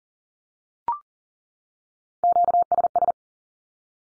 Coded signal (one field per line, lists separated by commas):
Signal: Morse code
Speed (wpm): 40 wpm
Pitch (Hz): 700 Hz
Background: none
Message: QSS